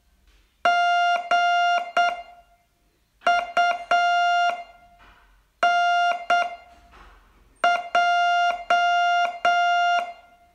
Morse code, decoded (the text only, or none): GUNJ